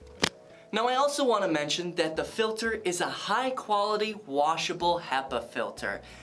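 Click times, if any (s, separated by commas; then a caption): 0.2 s. After the filter is put back, the front dust cup of a rechargeable handheld car vacuum cleaner is twisted back onto its plastic body. It snaps into place with a single sharp click at 0.2 s, showing it is seated. Someone then talks for the rest of the clip.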